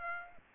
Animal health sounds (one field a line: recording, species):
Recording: mosquito wingbeat signal from an infrared sensor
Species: Aedes aegypti